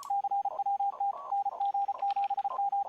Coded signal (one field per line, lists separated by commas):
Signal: Morse code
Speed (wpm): 34 wpm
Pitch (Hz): 800 Hz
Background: radio noise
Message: CWT NG7M